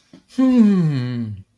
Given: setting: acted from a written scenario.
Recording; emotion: vocal sound without words; elation